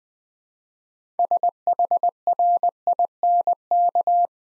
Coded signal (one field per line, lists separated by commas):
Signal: Morse code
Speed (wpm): 20 wpm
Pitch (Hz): 700 Hz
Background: none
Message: SHRINK